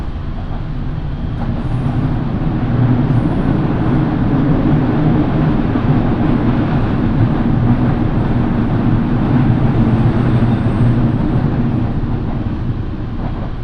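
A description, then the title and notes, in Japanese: A Minobu Line local train runs between Shibakawa and Minobu, its low rumble steady and dense throughout. The deep droning hum barely changes in loudness, with faint high whines appearing briefly around two, three and ten seconds. 身延線普通 芝川→身延。富士川沿いに走っていくのですが、カーブがきついこともあり速度は50キロ出るか出ないかくらいとゆっくり走るので、横を通る車に抜かれていきます。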